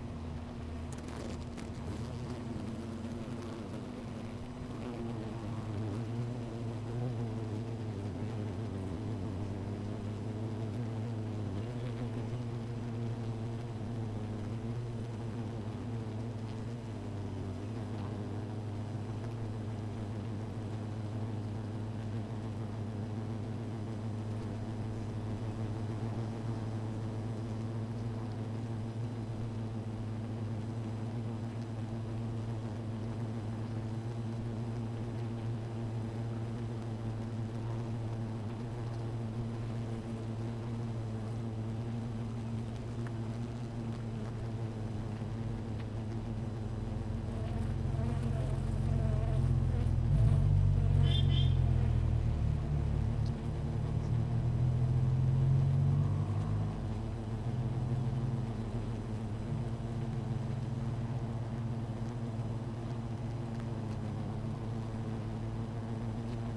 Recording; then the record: honeybee colony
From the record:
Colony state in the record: missing queen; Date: 14 July 2017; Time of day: 16:15